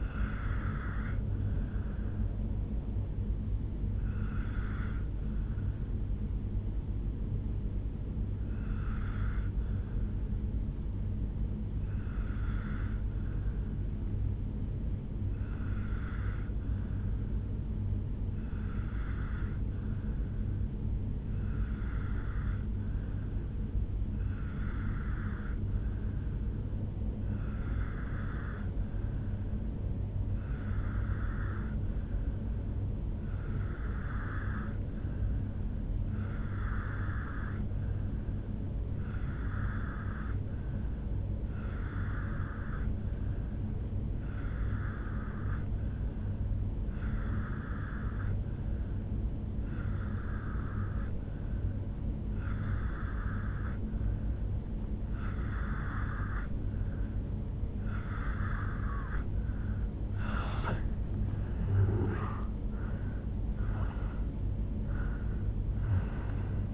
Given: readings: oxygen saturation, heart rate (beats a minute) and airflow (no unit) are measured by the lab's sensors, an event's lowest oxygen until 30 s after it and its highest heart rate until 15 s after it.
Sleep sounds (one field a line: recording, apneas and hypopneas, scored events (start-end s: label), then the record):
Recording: breathing in sleep by a smartphone at the bedside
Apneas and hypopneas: 1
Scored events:
3.00-60.00 s: obstructive apnea (N2, oxygen 97% highest, then 86% lowest, heart rate 59 at the start, 77 highest)
58.00-66.74 s: new sleep stage, N1 (lightest sleep)
From the record:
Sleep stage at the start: N2 (light sleep)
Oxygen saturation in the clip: 86 to 97%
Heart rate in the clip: 56 to 76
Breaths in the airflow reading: 4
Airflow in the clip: -9.2 to 4.9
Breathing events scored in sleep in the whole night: 449 in 7.0 hours asleep